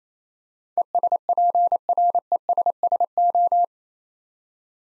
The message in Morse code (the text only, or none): ESPRESSO